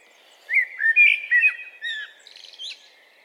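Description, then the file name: Common blackbird song, a single phrase of rolling, flute-like notes ending in soft, thin, high twittering. "Turdus merula"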